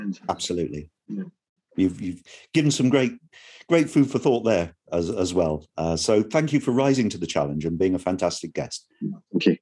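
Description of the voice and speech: An adult man speaks fluently at a relaxed pace with a low, steady voice and only brief, ordinary hesitations.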